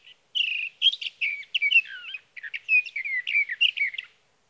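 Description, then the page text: Sage thrasher song, a rich rambling warble of whistled, slurred and buzzy notes pouring out almost without break. Male singing through the night near his night roost, evening of June 12 to morning of June 15, 2018, Sierra Valley, California; Swift recorder. "61. Sage thrasher songs, through the night."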